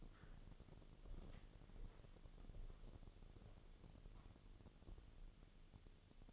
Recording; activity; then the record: daily activity, microphone in the room; walk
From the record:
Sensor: 4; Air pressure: 1016.2 hPa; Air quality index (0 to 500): 162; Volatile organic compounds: 6 ppm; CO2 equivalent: 1840 ppm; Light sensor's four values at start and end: 9/21/8/8 and 9/20/8/8